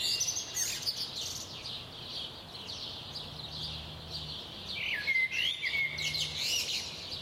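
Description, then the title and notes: Birdsong chorus, many high overlapping chirps, with a clearer whistled and twittering phrase late above a faint low hum. Recorded at 4am. "Birds at 4am by Daniel Sky"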